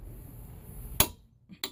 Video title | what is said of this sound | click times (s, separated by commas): 1996 to 2002 Caravan Drivers CV Axle Step by Step Change Part 4 of 4 | hear that click then I put my foot on it and I do just a little bit more | 1.0 s